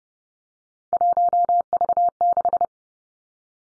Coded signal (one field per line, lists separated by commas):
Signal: Morse code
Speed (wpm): 30 wpm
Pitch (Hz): 700 Hz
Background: none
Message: 1V6